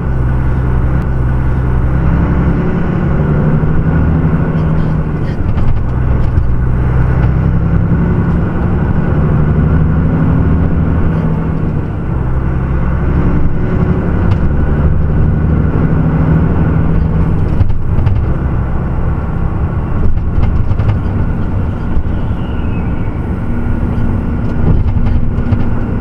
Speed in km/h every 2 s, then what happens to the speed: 18, 20, 21, 24, 27, 27, 31, 34, 35, 36, 37, 36, 35.
0-17 speeds up to 36. 17-26 steady at about 36.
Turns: none.